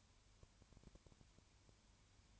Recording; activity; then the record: daily activity, microphone in the room; no activity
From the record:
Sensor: 2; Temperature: 20.3 degrees Celsius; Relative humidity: 33.8%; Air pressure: 1003.2 hPa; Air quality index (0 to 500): 82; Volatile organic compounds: 1 ppm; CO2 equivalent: 782 ppm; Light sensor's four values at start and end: 2/3/2/2 and 2/3/2/2